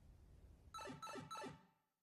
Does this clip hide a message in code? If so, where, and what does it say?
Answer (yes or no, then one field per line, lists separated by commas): no